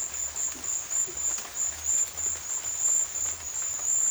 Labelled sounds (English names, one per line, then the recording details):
none
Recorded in dense forest near Puerto Asís, Putumayo, Colombia, on 18 February 2024 at 13:30
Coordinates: 0.496, -76.326
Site G6383